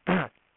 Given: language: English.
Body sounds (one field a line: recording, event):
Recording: throat vibration sensor signal played as sound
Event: throat clearing